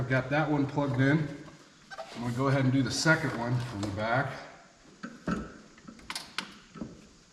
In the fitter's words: Hear that positive click?